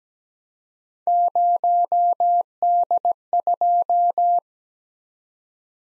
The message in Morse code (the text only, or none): 0D2